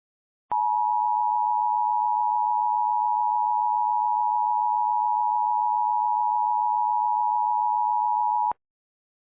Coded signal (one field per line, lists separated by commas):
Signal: Emergency Alert System (SAME) tones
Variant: 853 and 960 Hz attention tone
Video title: EAS Scenario: The Vanishing